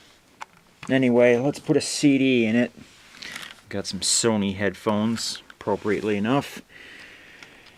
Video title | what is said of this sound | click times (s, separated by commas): Sony D-EJ011 Portable CD Player | and close the battery compartment lid till it clicks into place anyway | 0.4 s